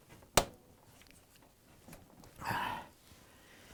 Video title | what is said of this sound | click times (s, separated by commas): Frigidaire Washer Vane 134952702 Replacement — fits Electrolux | you hear the clicking sound that means the tab locked | 0.4 s